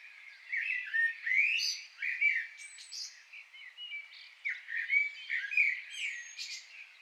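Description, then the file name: Common blackbird song: low fluty warbled phrases rising and falling, mixed with squeaky high twitters, repeated with short pauses throughout. "Turdus merula"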